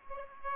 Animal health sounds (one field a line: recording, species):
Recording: mosquito wingbeat signal from an infrared sensor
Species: Aedes aegypti